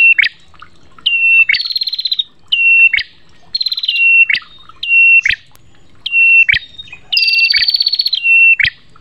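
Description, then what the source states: Prinia song: a steady series of high whistles, each with an abrupt upswept tip, interspersed with longer buzzy rattling trills. Prenjak song used for bird training ('masteran' therapy).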